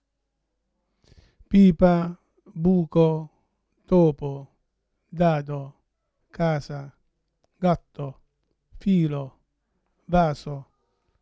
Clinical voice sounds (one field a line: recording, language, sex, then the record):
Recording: read list of words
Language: Italian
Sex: male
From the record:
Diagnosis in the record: Parkinson's disease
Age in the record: 71 years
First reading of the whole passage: 62 s, 8.3 characters per second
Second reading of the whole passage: 53 s, 9.9 characters per second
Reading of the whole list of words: 66 s, 4.2 characters per second